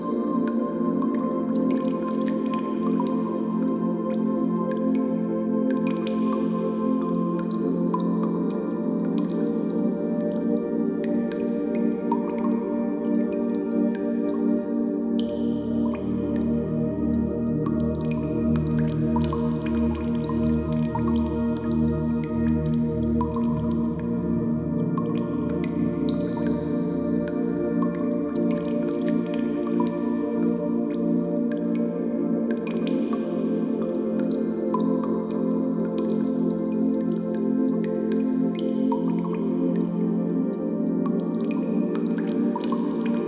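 Water drips steadily in a cave, with frequent bright plinks ringing over a dense, echoing low hum that deepens for about ten seconds midway.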